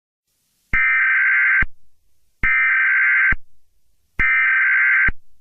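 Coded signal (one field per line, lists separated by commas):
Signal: Emergency Alert System (SAME) tones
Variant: header bursts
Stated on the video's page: Fictional alert scenario.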